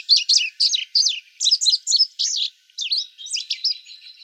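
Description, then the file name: Indigo bunting singing a fast, high series of sweeping notes, ending in fainter notes. Arizona, 24 May 2008. "INBU 6 B deviche"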